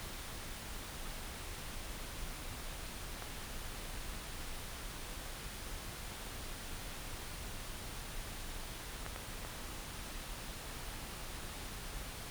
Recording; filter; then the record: brain microelectrode recording played as sound; wide band, above 20 Hz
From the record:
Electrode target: subthalamic nucleus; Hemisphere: right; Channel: 1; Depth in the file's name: 5.102 mm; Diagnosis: Parkinson's disease